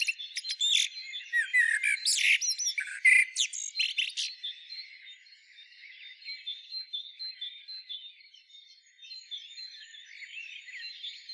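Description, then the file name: Common blackbird delivering a loud burst of whistles and squeaky twitters for about four seconds, followed by softer, thinner high notes continuing in the background. "Turdus merula"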